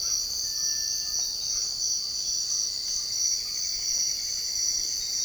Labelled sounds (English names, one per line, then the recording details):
Cinereous Tinamou
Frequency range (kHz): Cinereous Tinamou 1.2-2.2 kHz
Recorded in secondary vegetation near Puerto Asís, Putumayo, Colombia, on 13 March 2025 at 06:00
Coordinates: 0.488, -76.319
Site G095